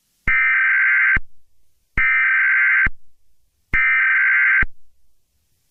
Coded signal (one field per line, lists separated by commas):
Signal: Emergency Alert System (SAME) tones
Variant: header bursts